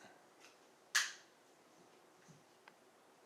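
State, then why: Seated. The cassette chamber door on an infusion pump is closed after the cassette has been installed and latches shut with a sharp, bright snap at 0.96 s, the door seated. A faint tick follows at about 2.7 s against quiet background noise.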